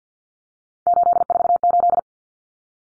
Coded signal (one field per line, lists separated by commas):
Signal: Morse code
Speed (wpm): 50 wpm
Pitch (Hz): 700 Hz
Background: none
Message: 848